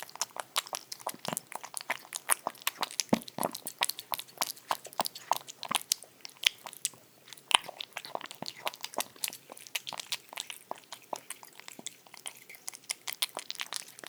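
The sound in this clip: Cat: a kitten eating wet food, with rapid, irregular wet smacks and crunchy chewing clicks running continuously.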